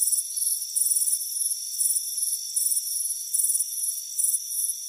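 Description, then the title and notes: High trilled cricket chirps, each a quick string of pulses, recur unevenly over a constant shrill insect hum. "Soothing Crickets Chirping Sound. It's a warm afternoon as you relax in a hammock on the front porch. Relax and fall asleep to the soothing sound of chirping crickets. Deep Sleep Sounds"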